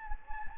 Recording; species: mosquito wingbeat signal from an infrared sensor; Anopheles gambiae